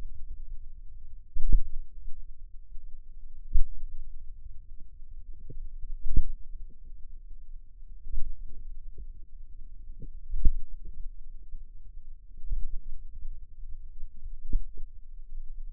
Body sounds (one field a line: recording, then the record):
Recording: forearm muscle sounds (acoustic myography)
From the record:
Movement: finger pinch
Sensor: system 2, bracelet of six BSWA MPA416 microphones around the upper forearm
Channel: 2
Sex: female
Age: 22 years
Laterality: right